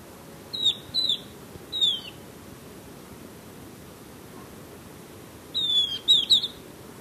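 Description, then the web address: Golden-faced tyrannulet calls: thin, high, slurred notes in two short bursts, three quick notes early and a tighter cluster near the end, over faint background hiss. Ecuador. "Natures Songs S America Birds of Ecuador Golden-Faced Tyrannulet"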